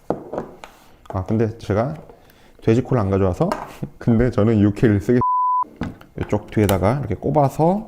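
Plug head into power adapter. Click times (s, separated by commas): 0.1 s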